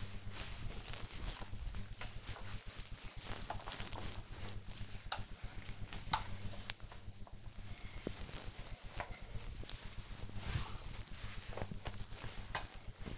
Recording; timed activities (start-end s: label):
household activities, microphone on the right wrist
0.00-13.18 s: floor cleaning